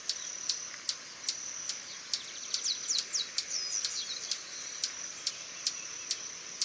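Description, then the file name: Swallow-tailed hummingbird: regular high clicks interrupted by a burst of rapid squeaky twittering in the middle, all over a continuous shrill hum. "Canto do beija flor tesoura"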